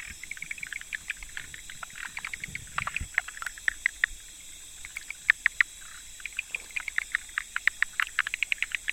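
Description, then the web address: Frogs calling with bright clicks and short rattles, callers overlapping in uneven bursts, a faint low rumble briefly near three seconds. 25 October 2014. "frog rec 20141025"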